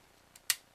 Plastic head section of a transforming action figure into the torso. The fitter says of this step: until it clicks, and then put